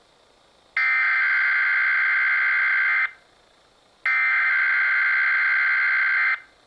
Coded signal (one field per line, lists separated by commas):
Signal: Emergency Alert System (SAME) tones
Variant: header bursts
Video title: Wind Warning EAS 114